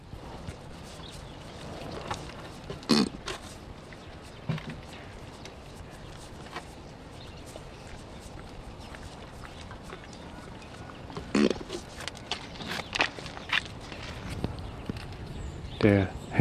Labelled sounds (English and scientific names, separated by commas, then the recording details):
Plains Zebra (Equus burchellii) call
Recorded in captivity
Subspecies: boehmi
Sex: male
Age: adult
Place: Tierpark Berlin, Berlin, DE
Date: 1967-10-01
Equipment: Uher 4000 Report-S, Transistorverstärker II, Sennheiser MD 421
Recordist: Tembrock, Günter
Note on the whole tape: Böhmzebra (bei Tembrock: Equus quagga böhmi). Erst Lecken, dann Kurzlaute, während er mit den Zähnen in die Holzabsperrung beißt. Abstand: 1 m. Aufnahmezeit: 8.30-11.30 Uhr